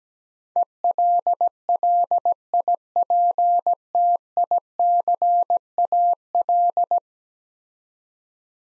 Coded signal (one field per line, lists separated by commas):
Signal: Morse code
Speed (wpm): 17 wpm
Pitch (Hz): 700 Hz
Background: none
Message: ELLIPTICAL